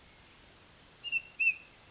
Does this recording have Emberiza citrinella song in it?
no